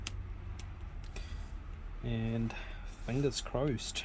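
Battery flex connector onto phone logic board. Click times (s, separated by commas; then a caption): 0.1 s. The battery flex connector of an Apple iPhone XS Max is pressed onto its socket on the phone's logic board, giving a sharp tick at 0.1 s that shows it has seated. A few fainter taps follow, then someone talks.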